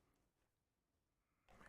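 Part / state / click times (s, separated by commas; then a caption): flexible PC component onto its mount in the case or motherboard / not seated / none. A flexible PC component is pressed onto its mount in the case or motherboard during a PC build; it feels fairly solid but is hard to judge because it flexes. Only faint low rumble and handling noise are heard until a louder burst of broadband noise begins around 1.5 s, with a brief transient at 1.7 s. No word is spoken in the clip. Nothing has clicked into place yet.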